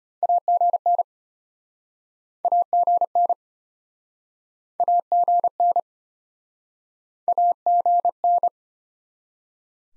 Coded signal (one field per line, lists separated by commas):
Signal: Morse code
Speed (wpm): 33 wpm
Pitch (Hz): 700 Hz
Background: none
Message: AGN AGN AGN AGN